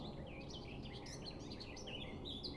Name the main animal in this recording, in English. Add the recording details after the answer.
Eurasian Blackcap. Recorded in Germany. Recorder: ecoPi